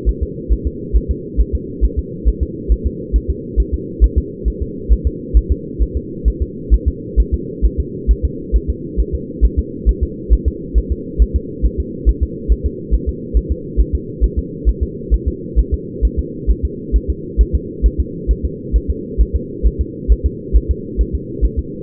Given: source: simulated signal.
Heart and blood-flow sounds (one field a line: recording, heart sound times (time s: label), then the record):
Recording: fetal heart sounds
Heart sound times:
0.09 s: S1
0.23 s: S2
0.52 s: S1
0.67 s: S2
0.96 s: S1
1.11 s: S2
1.41 s: S1
1.55 s: S2
1.85 s: S1
1.99 s: S2
2.28 s: S1
2.43 s: S2
2.72 s: S1
2.87 s: S2
3.16 s: S1
3.30 s: S2
3.60 s: S1
3.74 s: S2
4.04 s: S1
4.18 s: S2
4.48 s: S1
4.62 s: S2
4.93 s: S1
5.07 s: S2
5.37 s: S1
5.52 s: S2
5.82 s: S1
5.97 s: S2
6.28 s: S1
6.42 s: S2
6.74 s: S1
6.88 s: S2
7.20 s: S1
7.34 s: S2
7.66 s: S1
7.80 s: S2
8.11 s: S1
8.25 s: S2
8.56 s: S1
8.70 s: S2
9.00 s: S1
9.15 s: S2
9.45 s: S1
9.59 s: S2
9.89 s: S1
10.03 s: S2
10.33 s: S1
10.48 s: S2
10.78 s: S1
10.92 s: S2
11.22 s: S1
11.36 s: S2
11.66 s: S1
11.80 s: S2
12.09 s: S1
12.23 s: S2
12.52 s: S1
12.66 s: S2
12.94 s: S1
13.09 s: S2
13.37 s: S1
13.52 s: S2
13.81 s: S1
13.95 s: S2
14.24 s: S1
14.39 s: S2
14.69 s: S1
14.83 s: S2
15.14 s: S1
15.28 s: S2
15.59 s: S1
15.74 s: S2
16.05 s: S1
16.19 s: S2
16.51 s: S1
16.65 s: S2
16.96 s: S1
17.10 s: S2
17.41 s: S1
17.55 s: S2
17.86 s: S1
18.00 s: S2
18.31 s: S1
18.45 s: S2
18.76 s: S1
18.90 s: S2
19.21 s: S1
19.36 s: S2
19.67 s: S1
19.81 s: S2
20.12 s: S1
20.26 s: S2
20.56 s: S1
20.71 s: S2
21.01 s: S1
21.15 s: S2
21.45 s: S1
21.59 s: S2
From the record:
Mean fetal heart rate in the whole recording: 135 bpm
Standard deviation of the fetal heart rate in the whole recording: 3 bpm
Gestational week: 34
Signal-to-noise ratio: -4.1 dB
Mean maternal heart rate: no maternal heart sound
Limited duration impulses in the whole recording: absent